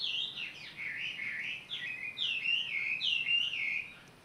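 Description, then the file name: Bird song: a steady stream of warbled, slurred whistles dipping and rising, fading out at the end. Recorded 18 April 2022. "20220418 birdsong"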